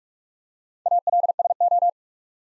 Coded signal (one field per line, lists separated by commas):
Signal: Morse code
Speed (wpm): 44 wpm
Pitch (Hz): 700 Hz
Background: none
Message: ALSO